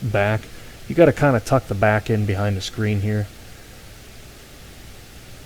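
During an MSI GS63VR 7RF Stealth Pro laptop screen replacement, the plastic trim strip that covers the screen's electrical connectors is lined up tabs first, rolled back and tucked behind the screen in the bezel before being pushed down. Someone talks until about 3.3 seconds, then only a faint steady hiss remains. Nothing has clicked or seated yet.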